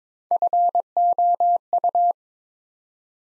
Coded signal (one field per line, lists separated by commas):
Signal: Morse code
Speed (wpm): 23 wpm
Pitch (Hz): 700 Hz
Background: none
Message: FOU